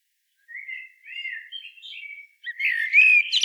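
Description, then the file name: Common blackbird song: soft, slurred whistled notes wandering up and down, then a louder, brighter fluty phrase with a squeaky high finish. "Turdus merula"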